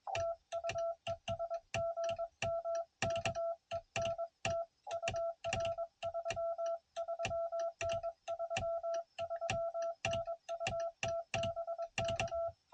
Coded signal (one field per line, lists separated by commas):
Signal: Morse code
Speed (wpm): 22 wpm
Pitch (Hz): 690 Hz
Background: none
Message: TU ES GM KENT UR 33N 33N UT BK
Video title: 7 POTA Parks Activated By Noonday!